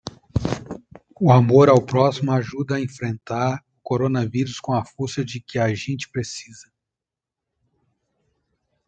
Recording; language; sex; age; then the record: spoken sentence; Brazilian Portuguese; male; 40 to 49 years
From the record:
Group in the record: control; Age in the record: 43 years